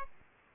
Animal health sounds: mosquito wingbeat signal from an infrared sensor; Aedes albopictus

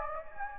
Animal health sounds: mosquito wingbeat signal from an infrared sensor; Anopheles gambiae

